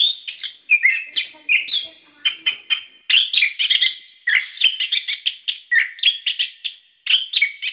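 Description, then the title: Bird song, a dense continuous stream of quick chirps and whistled notes, high and varied, broken only by brief gaps. "SuaraBurung Kicau4"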